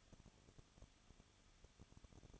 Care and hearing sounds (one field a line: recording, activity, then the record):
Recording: daily activity, microphone in the room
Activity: no activity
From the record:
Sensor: 4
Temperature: 23.1 degrees Celsius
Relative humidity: 34.1%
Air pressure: 1007.2 hPa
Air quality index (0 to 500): 216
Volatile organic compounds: 15 ppm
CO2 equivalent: 2498 ppm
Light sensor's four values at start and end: 2/3/1/1 and 2/3/1/1